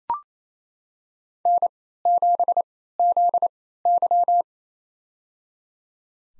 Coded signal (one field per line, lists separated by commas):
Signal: Morse code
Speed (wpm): 27 wpm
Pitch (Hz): 700 Hz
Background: none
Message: N7ZY